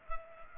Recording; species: mosquito wingbeat signal from an infrared sensor; Culex pipiens